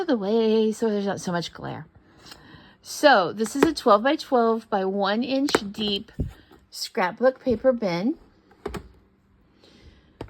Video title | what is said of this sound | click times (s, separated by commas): Flosstube Extra: How I Travel Using Paper Crafting Storage Boxes | The lid just snaps in place. | 10.2 s